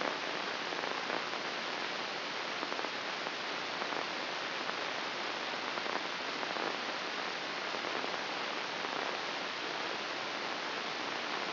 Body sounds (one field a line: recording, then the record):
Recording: brain microelectrode recording played as sound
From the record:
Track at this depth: inside the subthalamic nucleus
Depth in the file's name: 3.741 mm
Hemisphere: right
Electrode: 2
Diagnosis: Parkinson's disease